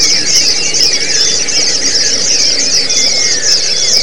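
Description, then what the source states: White-eye chorus of thin, high, rapid twitters that run without pause, with a few clearer sliding whistles woven through. Therapy song in the ombyokan (group) style.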